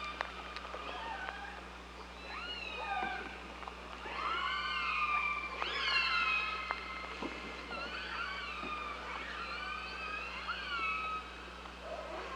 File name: Orques Orcalab 2015 07 16 14 h voie 5